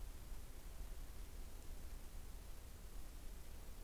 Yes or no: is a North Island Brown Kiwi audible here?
no